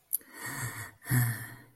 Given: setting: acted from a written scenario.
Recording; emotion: vocal sound without words; contentment